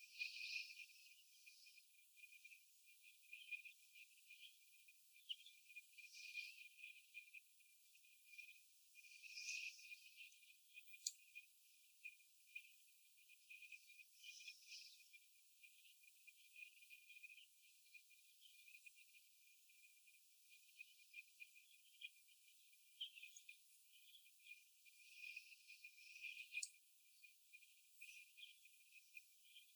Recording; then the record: young laying hens in a cage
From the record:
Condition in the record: after the stressor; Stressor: sudden umbrella opening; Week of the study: 2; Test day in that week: 1